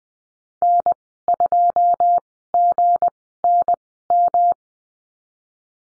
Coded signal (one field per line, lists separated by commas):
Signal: Morse code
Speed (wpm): 20 wpm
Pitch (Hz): 700 Hz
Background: none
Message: N2GNM